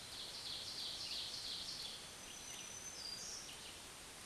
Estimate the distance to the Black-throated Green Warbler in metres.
about 35 m